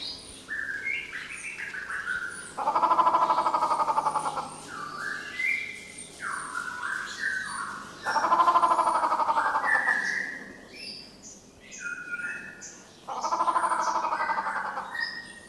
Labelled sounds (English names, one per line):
Grey Peacock-Pheasant